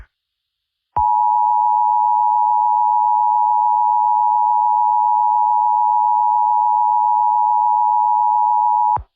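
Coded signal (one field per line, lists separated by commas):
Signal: Emergency Alert System (SAME) tones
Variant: 853 and 960 Hz attention tone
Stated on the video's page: Fictional Emergency Alert System scenario with SAME tones, about dragons.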